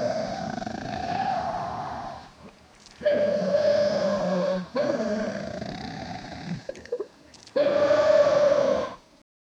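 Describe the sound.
Wolf howling: four long, steady, moaning tones separated by short pauses.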